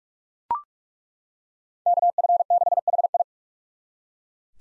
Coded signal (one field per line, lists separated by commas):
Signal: Morse code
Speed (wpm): 41 wpm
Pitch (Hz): 700 Hz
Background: none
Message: KF6HI